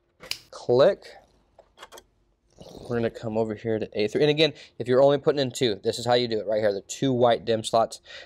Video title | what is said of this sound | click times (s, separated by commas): Dell PowerEdge R330 Server Memory Overview & Upgrade - How to Install Memory - Supported DIMMs | Line everything up properly. You're gonna hear it click, click. | 0.3 s